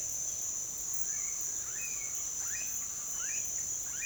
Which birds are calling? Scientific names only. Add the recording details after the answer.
Crotophaga ani. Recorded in dense forest near Puerto Asís, Putumayo, Colombia, on 20 February 2024 at 07:30. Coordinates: 0.505, -76.324. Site G6467